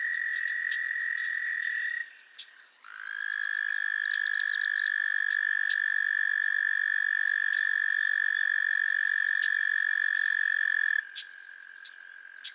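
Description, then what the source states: Frog chorus of long, even, high trills; one ends near two seconds, another starts soon after and holds for eight seconds, with overlapping chirps and clicks above. Chorus of frogs calling to one another on a summer evening at Miners Marsh, Annapolis Valley, Nova Scotia.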